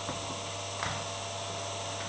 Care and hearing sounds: daily activity, microphone in the room; vacuum cleaning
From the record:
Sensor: 3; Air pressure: 1007.7 hPa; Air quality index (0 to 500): 49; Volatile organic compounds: 1 ppm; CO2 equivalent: 576 ppm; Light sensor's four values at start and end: 10/23/9/9 and 10/23/9/9

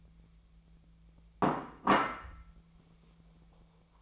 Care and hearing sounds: daily activity, microphone in the room; place plate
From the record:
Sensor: 1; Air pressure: 1000.3 hPa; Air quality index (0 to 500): 144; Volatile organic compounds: 3 ppm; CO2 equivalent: 1354 ppm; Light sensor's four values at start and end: 29/73/31/37 and 29/73/31/37

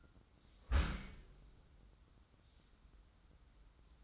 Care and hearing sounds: daily activity, microphone in the room; close dishwasher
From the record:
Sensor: 3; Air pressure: 994.4 hPa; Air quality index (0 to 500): 209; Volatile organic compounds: 1000 ppm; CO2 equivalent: 6973 ppm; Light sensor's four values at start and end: 153/368/153/148 and 156/375/156/151

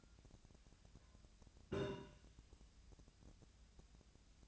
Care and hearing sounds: daily activity, microphone in the room; take from stove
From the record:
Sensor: 2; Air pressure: 1009.8 hPa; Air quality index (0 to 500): 180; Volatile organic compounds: 10 ppm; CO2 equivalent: 2248 ppm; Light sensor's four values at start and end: 29/72/31/34 and 29/73/31/34

